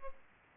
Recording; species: mosquito wingbeat signal from an infrared sensor; Aedes aegypti